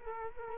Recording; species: mosquito wingbeat signal from an infrared sensor; Culex quinquefasciatus